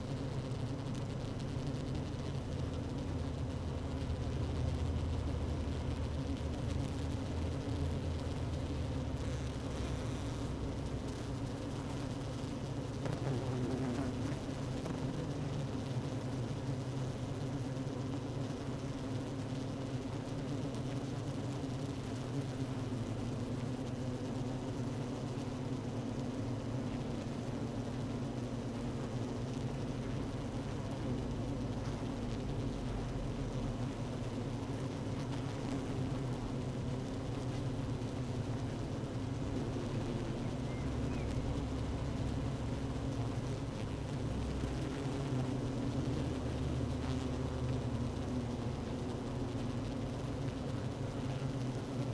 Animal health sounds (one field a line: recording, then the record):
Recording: honeybee colony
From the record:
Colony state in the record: active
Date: 12 June 2018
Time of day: 15:42